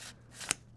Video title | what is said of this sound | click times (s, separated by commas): UNBOXING the NEW INSANE 3D Origami Deck + Cardistry ASMR | on each side and they link together so when you close them you hear that click it's | 0.5 s